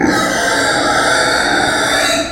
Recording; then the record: squeal of a Yucatan mini pig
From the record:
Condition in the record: before surgery on the right vocal fold (resection and tissue-engineered implant); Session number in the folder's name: 3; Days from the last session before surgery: 0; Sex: female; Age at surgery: 19 weeks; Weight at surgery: 25 kg